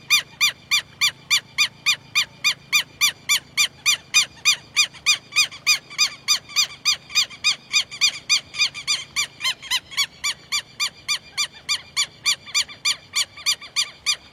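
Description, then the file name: Southern lapwing giving a long, very regular series of loud, harsh, metallic notes, about three and a half per second, with little else heard. "canto do quero quero"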